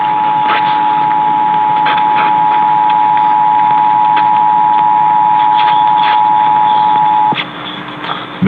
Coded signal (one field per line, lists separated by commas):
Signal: Emergency Alert System (SAME) tones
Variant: 853 and 960 Hz attention tone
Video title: Ohio RMT on WTAM (6/9/21)(EAS 737)